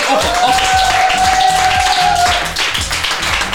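An audience claps steadily and loudly for a few seconds for a contestant who has just won a prize, a dense wash of hand claps with a sustained whistle or cheer rising over it early on, easing slightly toward the end.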